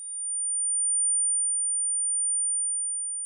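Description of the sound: Steady, unbroken high-pitched whistle, a simulation of tinnitus, the constant ringing that can be heard 24/7; hearing damage is the main cause of tinnitus.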